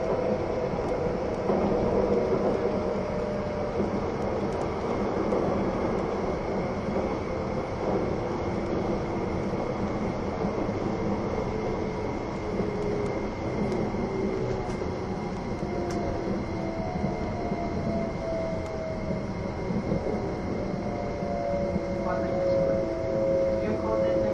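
Running sound of the E261 series Saphir Odoriko No. 1 train: a steady, dense rumble of wheels and rolling noise at an even level throughout. A faint high whine holds constant, and from about 15 seconds a motor tone slides gradually downward.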